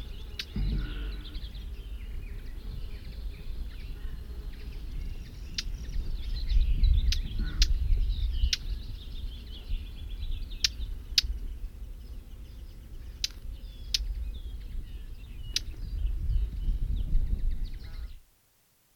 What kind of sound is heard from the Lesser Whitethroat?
call